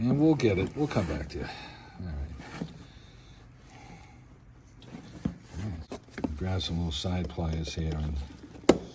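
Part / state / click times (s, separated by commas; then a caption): sensor electrical connector locking clip on thermostat housing sensor / seated / 8.7 s. Someone talks while plugging the coolant temperature sensor connector back into the new thermostat housing on a 2001-2011 Ford Ranger 4.0 engine, then squeezes its plastic locking clip with small side pliers. A sharp snap at 8.7 s marks the clip locking in place, and the connector is seated.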